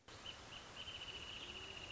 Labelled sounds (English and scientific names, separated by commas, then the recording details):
Wrentit (Chamaea fasciata)
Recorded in Sonoma County, California